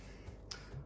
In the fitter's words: and then you have this device part and then you put that on there and then lock in